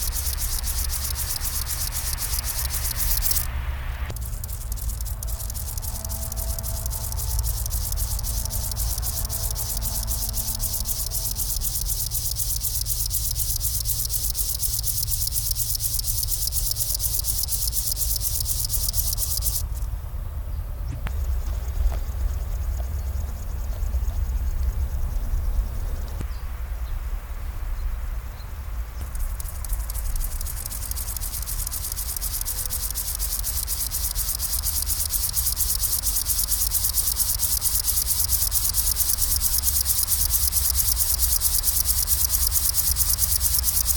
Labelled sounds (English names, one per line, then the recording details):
Upland Field Grasshopper stridulation
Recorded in the wild
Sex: male
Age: imago
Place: Caputh, Brandenburg, DE
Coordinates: 52.3364, 12.955
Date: 1996-07-21 15:14
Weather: sunny, 23°C
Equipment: Sony MD-WM MZ-R3, Sennheiser MKH 416 T, Kopie Uher 4000 Report Monitor
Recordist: Tembrock, Günter